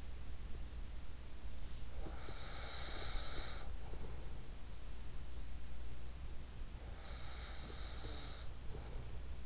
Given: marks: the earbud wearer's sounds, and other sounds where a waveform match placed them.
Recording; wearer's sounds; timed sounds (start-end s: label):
sounds in sleep by an in-ear microphone; breath
1.74-4.35 s: breath
6.84-9.45 s: breath